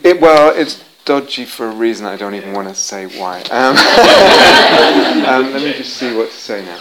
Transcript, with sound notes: Well, it's dodgy for a reason that I don't even want to say why. [laughter] Let me just see what to say now.